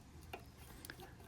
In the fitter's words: and don't forget to plug that in. Make sure it clicks